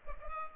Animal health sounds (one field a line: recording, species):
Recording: mosquito wingbeat signal from an infrared sensor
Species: Culex pipiens